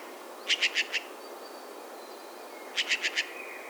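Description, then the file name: Eurasian jay short, dry, clipped notes in two rapid bursts of four, separated by about two seconds of quiet. "Garrulus glandarius"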